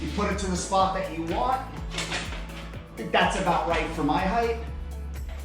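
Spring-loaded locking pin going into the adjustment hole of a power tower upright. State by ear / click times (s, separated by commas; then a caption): not seated / none. Someone talks while handling the spring-loaded locking pin of a Livebest power tower, setting the pull-up bar section to the desired height on the steel upright. Background music plays with faint handling noises. The pin has not yet gone back into the adjustment hole, and nothing has clicked or seated yet.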